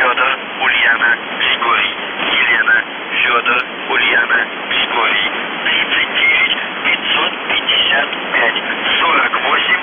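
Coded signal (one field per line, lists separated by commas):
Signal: numbers station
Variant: UVB-76 voice message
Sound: a voice speaking continuously through heavy radio hiss, narrow shortwave audio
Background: radio static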